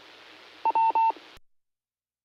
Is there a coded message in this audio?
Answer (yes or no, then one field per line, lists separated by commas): no